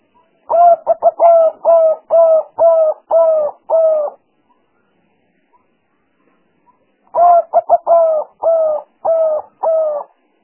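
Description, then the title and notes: Spotted dove coos in two long phrases, each opening with fast clipped notes and ending in a string of drawn-out hollow coos. Collection of turtle dove sounds used as a lure for trapping birds. "Pikat Burung Tekukur Paling Ampuh. Kumpulan suara burung tekukur paling ampuh"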